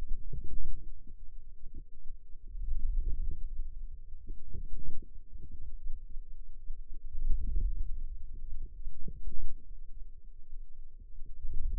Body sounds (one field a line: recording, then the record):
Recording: forearm muscle sounds (acoustic myography)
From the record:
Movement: wrist flexion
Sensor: system 2, bracelet of six BSWA MPA416 microphones around the upper forearm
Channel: 2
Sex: female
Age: 21 years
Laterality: right